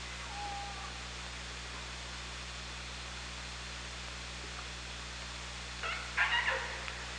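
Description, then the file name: Killer whale sounds: a brief faint tone early on, then a loud buzzy pulsed burst near the end, set against constant underwater hiss and hum. OrcaLab hydrophone, 24 August 2017, around 18:30. "Orca Lab 20170824 183001"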